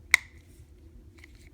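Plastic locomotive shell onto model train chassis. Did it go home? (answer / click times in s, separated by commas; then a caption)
yes / 0.1 s. A plastic body shell of an N scale Life-Like F7 locomotive in Erie Lackawanna livery is pressed down over its model train chassis. A loud, sharp click is heard at 0.1 s, followed by a faint tick near 1.2 s over low background hum. The shell clicks into place and is seated on the chassis.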